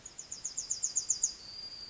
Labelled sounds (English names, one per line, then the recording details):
Yellowhammer song
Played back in forest
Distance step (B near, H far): E
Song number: 117